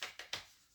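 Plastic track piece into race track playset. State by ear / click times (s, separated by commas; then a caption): not seated / none. A plastic track piece is handled against a Hot Wheels Whip Around Raceway playset, making three short, bright plastic taps near 0.0, 0.2 and 0.3 seconds that fade into quiet. The piece has not clicked or seated into the track yet.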